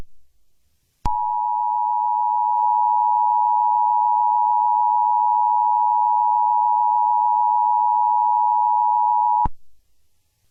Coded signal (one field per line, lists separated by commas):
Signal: Emergency Alert System (SAME) tones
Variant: 853 and 960 Hz attention tone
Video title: Hazbin Hotel - An EAS Scenario